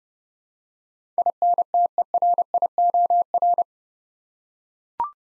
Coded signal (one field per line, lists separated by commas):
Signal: Morse code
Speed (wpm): 30 wpm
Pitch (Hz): 700 Hz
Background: none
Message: INTERIOR